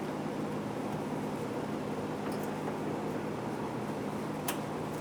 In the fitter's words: You can feel that snap into place.